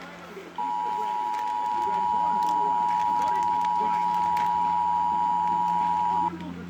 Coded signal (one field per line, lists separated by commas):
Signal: Emergency Alert System (SAME) tones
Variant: 853 and 960 Hz attention tone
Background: speech